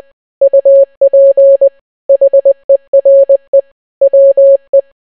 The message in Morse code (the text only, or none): UP HERE WE